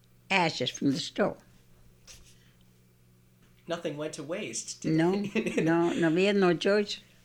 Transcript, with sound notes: ashes from the stove.
Nothing went to waste, did it? ( he laughs )
No, no. We had no choice.